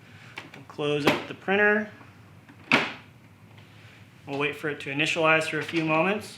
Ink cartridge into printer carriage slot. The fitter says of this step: push down and you should hear a click, just like that.